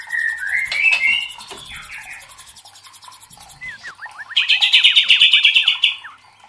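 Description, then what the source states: White-rumped shama song mixing buzzy, rising phrases with a quick series of short, falling whistles and a loud, fast rattling trill. Masteran training recording for cage birds; murai batu labaik.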